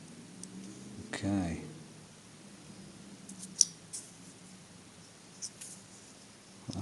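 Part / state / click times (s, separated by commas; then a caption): internal part of a dial test indicator going back into its housing / seated / 3.6 s. An internal part of a dial test indicator is pushed back into its housing during reassembly while someone talks. A single sharp click is heard at 3.6 s, with a few faint ticks around it. The part snaps back into position.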